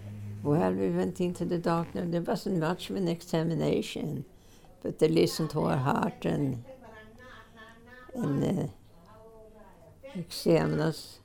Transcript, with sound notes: Well, we went into the doctor and there wasn't much of an examination. But they listened to our heart (there is a nursing home announcement in the background) and they examine us.